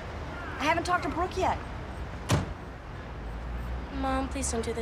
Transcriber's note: soundbite of car door shutting